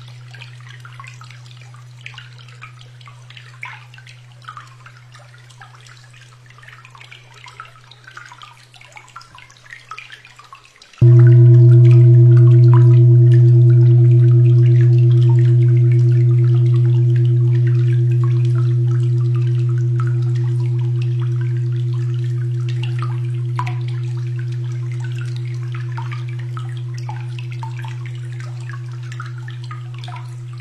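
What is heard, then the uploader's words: A quiet, steady low hum runs for the first eleven seconds, then a loud 246.04 Hz tone sounds abruptly and sustains, fading very slowly to the end. Faint scattered ticks and drip-like clicks continue in the background throughout. 246.04 Hz - Harmony of yin and yang, health-preserving solid.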